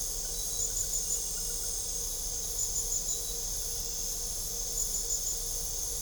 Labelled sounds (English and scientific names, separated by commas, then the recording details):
none
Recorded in pastures near Puerto Asís, Putumayo, Colombia, on 26 December 2024 at 22:00
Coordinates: 0.497, -76.327
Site G088